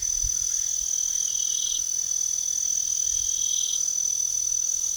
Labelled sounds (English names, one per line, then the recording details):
none
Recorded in pastures near Puerto Asís, Putumayo, Colombia, on 9 March 2025 at 01:00
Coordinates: 0.497, -76.327
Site G072